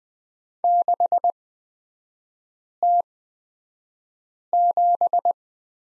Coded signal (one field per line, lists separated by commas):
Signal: Morse code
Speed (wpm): 20 wpm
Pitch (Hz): 700 Hz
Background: none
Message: 6T7